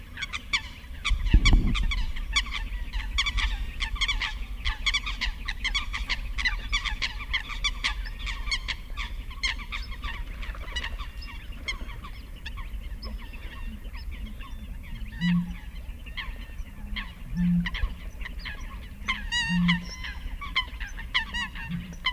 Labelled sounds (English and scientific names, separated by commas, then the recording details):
Eurasian Coot (Fulica atra) call
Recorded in the wild
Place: Kützerhof, Kummerower See, Mecklenburg-Vorpommern, DE
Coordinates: 53.8506, 12.8625
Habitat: wetland
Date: 2009-05-07 22:14
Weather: bedeckt, windstill, ca. 10°C
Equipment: Sound Devices 702, Sennheiser MKH 70, Rycote Windschutz
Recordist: Frommolt, Karl-Heinz